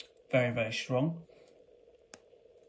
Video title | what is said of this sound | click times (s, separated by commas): Accurist Origin 70001 – British Heritage Collector's Watch (Unboxing & Review) | and EXC an excellent sound as well when it actually clicks out of place | 2.1 s